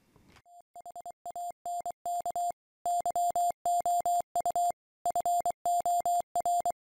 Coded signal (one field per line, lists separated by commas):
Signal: Morse code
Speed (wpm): 24 wpm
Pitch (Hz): 700 Hz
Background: none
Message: HANK YOU FOR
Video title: Peer-to-peer messaging over HF (shortwave) radio